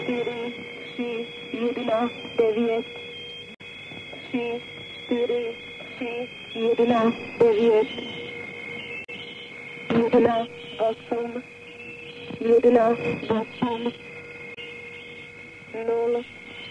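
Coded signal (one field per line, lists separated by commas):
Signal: numbers station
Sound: short spoken words at regular intervals over radio hiss and whining steady tones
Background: radio static, heterodyne whistles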